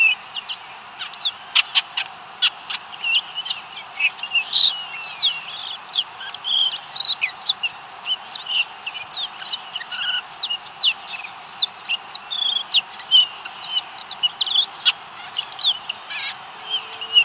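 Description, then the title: Baywing song: a dense, continuous chatter of squeaky chirps, slurred whistles and short buzzy notes, with constant background hiss. "LuckyPassaro Completos2Sama. Baywing (Agelaioides badius)"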